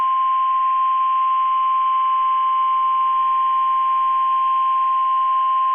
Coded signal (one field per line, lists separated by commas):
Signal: Emergency Alert System (SAME) tones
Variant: 1050 Hz attention tone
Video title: NWR Weekly Tests (EAS #923-#930)